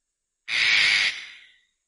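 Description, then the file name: Eclectus parrot giving one coarse, breathy screech of about half a second, with a brief fading tail. "Canto do papagaio ecletus"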